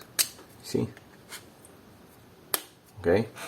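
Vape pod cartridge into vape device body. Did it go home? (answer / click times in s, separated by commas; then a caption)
yes / 0.2 s. A plastic e-liquid pod cartridge is pushed down into a vape device body and snaps into place with a sharp click at 0.2 s. A second, louder click comes at 2.5 s, and someone talks between and after the clicks. The pod is seated.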